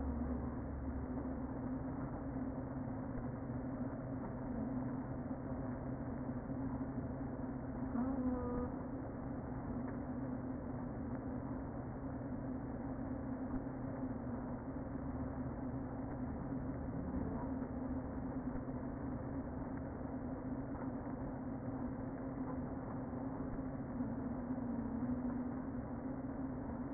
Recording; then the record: honeybee colony, microphone inside the hive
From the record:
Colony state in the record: queen present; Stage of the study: before two queens were removed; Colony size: about 60,000 bees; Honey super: yes